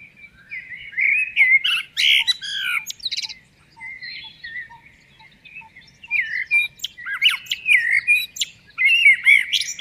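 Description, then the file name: Common blackbird singing continuous mellow warbles with bright, squeaky high flourishes, phrases following closely one after another. "Turdus merula"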